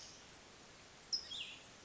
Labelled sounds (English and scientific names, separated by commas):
Cassin's Vireo (Vireo cassinii)